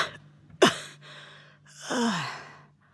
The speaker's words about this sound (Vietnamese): Bà Hai Lành lắc đầu, tiếng ho khan lại nổi lên